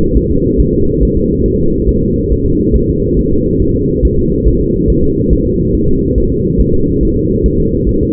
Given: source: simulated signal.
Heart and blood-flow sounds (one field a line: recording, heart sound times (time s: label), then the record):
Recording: fetal heart sounds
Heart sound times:
0.18 s: S1
0.31 s: S2
0.61 s: S1
0.74 s: S2
1.03 s: S1
1.17 s: S2
1.46 s: S1
1.60 s: S2
1.89 s: S1
2.03 s: S2
2.32 s: S1
2.46 s: S2
2.76 s: S1
2.89 s: S2
3.19 s: S1
3.33 s: S2
3.62 s: S1
3.76 s: S2
4.05 s: S1
4.19 s: S2
4.48 s: S1
4.61 s: S2
4.90 s: S1
5.04 s: S2
5.33 s: S1
5.47 s: S2
5.75 s: S1
5.89 s: S2
6.18 s: S1
6.32 s: S2
6.61 s: S1
6.74 s: S2
7.03 s: S1
7.17 s: S2
7.46 s: S1
7.60 s: S2
7.89 s: S1
8.03 s: S2
From the record:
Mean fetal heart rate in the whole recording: 140 bpm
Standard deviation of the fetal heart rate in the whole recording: 2 bpm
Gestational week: 34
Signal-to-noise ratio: -15.3 dB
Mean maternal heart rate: 72 bpm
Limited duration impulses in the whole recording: present